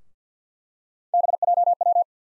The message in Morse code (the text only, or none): BJW